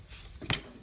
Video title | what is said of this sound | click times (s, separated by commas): Make Toys Cross Dimension: MTCD-02 RIOTER DESPOTRON | right there and you want to pull it down before you rotate it around and that allows these little tabs to lock into place | 0.5 s